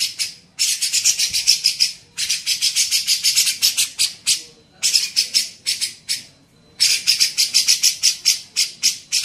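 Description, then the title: Grey-cheeked bulbul chattering in several rapid volleys of grating buzzy pulses, each separated by brief silences. Masteran tutor recording used for training songbirds. "MASTERAN CUCAK JENGGOT"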